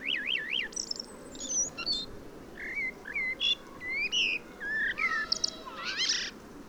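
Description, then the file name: Common blackbird with a rich run of mellow warbled whistles mixed with high scratchy twittering notes, delivered almost continuously over soft background noise. "Turdus merula"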